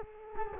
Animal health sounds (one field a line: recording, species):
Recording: mosquito wingbeat signal from an infrared sensor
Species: Culex quinquefasciatus